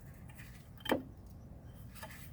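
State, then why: Seated. A brake pad hardware clip, a metal piece, is pressed into position on the caliper bracket of a 2003 Alero during a DIY brake job. A sharp metallic click sounds at 0.9 s against a low background hum as the clip latches and seats in place.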